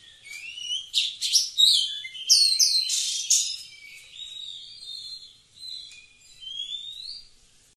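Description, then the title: Oriental magpie-robin giving loud jumbled chirps and whistles, then easing into softer, drawn-out rising whistles that fade at the close. Singing actively, described as gacor. "Kacer Gacor"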